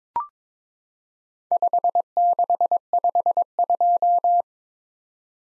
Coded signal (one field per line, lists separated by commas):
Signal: Morse code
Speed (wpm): 22 wpm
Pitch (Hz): 700 Hz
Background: none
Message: 5652